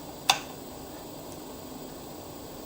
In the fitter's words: I do hear it clicking,